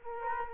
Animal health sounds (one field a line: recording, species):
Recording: mosquito wingbeat signal from an infrared sensor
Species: Culex quinquefasciatus